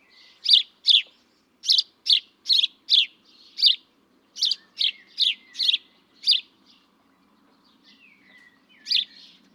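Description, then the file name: House sparrow chirping, a run of sharp, high chirps in quick bursts with short pauses, then one final chirp after a gap. "Passer domesticus"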